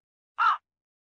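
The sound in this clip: Crow giving a single short, hoarse caw in otherwise silent surroundings.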